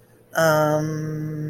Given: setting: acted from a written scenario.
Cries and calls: vocal sound without words; confusion

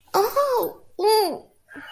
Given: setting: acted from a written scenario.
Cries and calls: vocal sound without words; pain

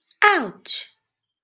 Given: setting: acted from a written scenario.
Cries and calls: vocal sound without words; pain

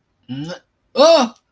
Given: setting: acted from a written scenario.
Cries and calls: vocal sound without words; fear

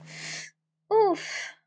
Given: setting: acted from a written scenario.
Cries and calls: vocal sound without words; pain

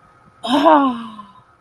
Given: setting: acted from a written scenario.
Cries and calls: vocal sound without words; ecstasy

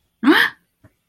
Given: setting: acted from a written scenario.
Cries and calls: vocal sound without words; elation

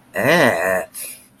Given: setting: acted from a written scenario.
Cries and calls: vocal sound without words; negative surprise

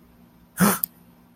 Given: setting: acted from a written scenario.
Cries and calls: vocal sound without words; negative surprise

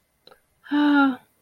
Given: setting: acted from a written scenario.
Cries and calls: vocal sound without words; relief

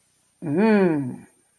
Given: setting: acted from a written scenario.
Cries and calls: vocal sound without words; desire

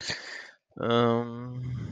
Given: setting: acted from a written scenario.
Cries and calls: vocal sound without words; embarrassment

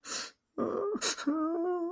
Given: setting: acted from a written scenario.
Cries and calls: vocal sound without words; sadness

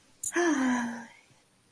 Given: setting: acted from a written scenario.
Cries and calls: vocal sound without words; contentment

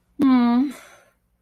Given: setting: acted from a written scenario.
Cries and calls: vocal sound without words; guilt

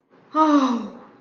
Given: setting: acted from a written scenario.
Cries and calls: vocal sound without words; confusion

